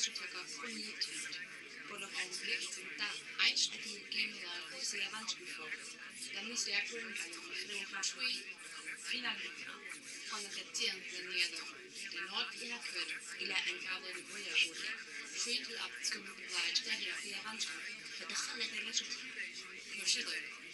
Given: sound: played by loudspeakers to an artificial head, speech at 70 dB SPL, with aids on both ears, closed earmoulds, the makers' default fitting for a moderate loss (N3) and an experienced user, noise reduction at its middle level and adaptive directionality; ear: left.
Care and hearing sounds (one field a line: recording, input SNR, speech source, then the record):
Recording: speech test signal (ISTS) in cocktail-party noise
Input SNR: 0 dB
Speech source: on the right (90 degrees)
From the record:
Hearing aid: class 2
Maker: H